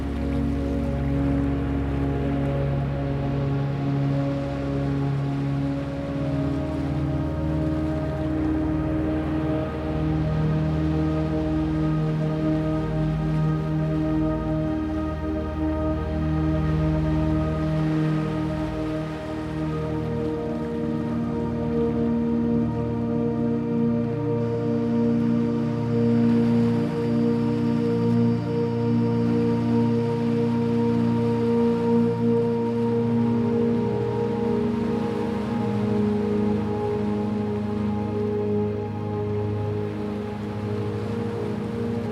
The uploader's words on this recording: Relaxing Music & Ocean Waves For Sleep, Meditation, Relaxation Or Focus.